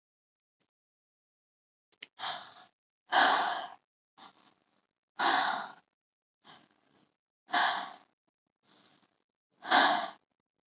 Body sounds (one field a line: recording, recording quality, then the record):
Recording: shallow breathing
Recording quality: excellent, no background noise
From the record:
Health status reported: healthy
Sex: female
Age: 27 years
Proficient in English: yes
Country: India